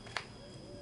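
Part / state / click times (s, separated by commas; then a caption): nebulizer medication cup parts fitted together / seated / 0.2 s. The plastic parts of an Omron NE-C28 nebulizer medication cup are pushed together until they snap shut. A single short, quiet click comes at 0.2 s over a steady background hum. The cup parts seat in place, though the click is not very loud.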